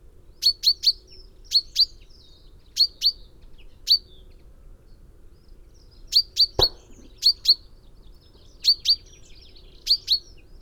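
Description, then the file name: Common chaffinch calling: sharp, bright single notes given in pairs and threes with short pauses, plus one loud click partway through. "Fringilla coelebs"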